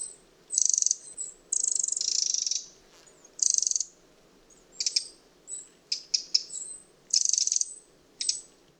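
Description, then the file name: Eurasian wren giving harsh, dry churring rattles in short bursts, separated by brief pauses and a few scattered ticks. "Troglodytes troglodytes"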